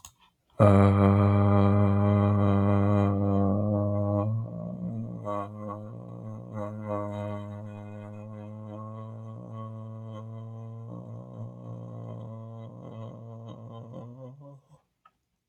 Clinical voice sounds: vowel held as long as possible; male; 20 to 29 years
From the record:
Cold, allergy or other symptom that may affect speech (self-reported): no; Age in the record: 28 years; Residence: Texas, United States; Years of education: 20

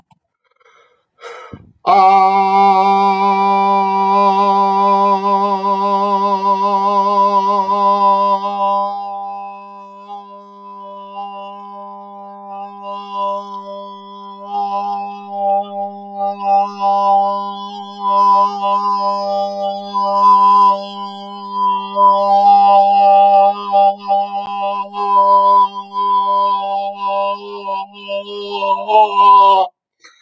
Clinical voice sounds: vowel held as long as possible; male; 30 to 39 years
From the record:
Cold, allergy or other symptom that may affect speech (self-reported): no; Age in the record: 37 years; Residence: Massachusetts, United States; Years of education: 16

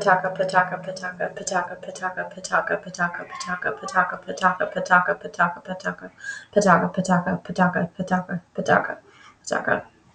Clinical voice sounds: repeated syllables /pa ta ka/; female; 20 to 29 years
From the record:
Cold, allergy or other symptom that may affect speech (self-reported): no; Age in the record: 28 years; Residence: United States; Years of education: 14

